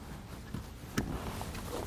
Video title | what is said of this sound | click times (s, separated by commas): etrailer - Redarc Tow-Pro Liberty Brake Controller Installation - 2015 Chevrolet Silverado 1500 | and then just push it until it clicks | 1.0 s